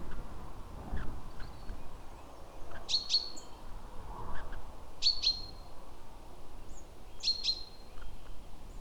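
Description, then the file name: Great tit giving three paired high chinking notes spaced roughly two seconds apart, fairly soft against a rumbling low background noise. "Parus major"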